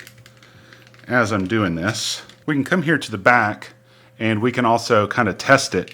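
The three or four retaining posts of a plastic steering wheel trim piece on a cheap Civic Type R steering wheel are pressed softly, one by one, into the steering wheel housing. A series of small clicks sounds at 0.1, 0.3, 0.4, 0.7, 0.9 and 0.9 seconds, and then someone talks. The posts click into place and the trim is seated.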